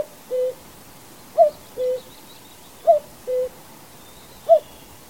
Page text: Common Cuckoo. knut the bird nerd